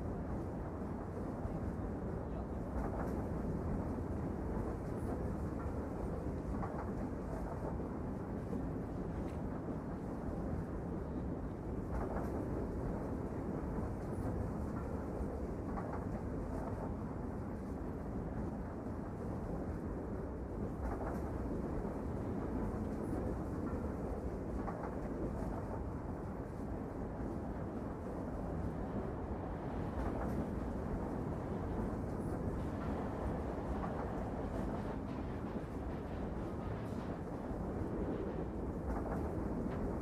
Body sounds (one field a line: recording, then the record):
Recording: background sound without coughing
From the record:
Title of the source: Train Ride Ambience ambient white noise for sleeping, focus, studying, reading